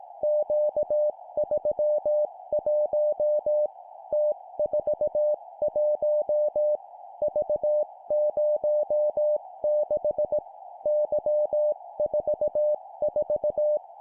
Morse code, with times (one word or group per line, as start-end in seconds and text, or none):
0.2-3.7 Q31
4.1-6.8 T41
7.2-10.4 V06
10.9-13.8 Y44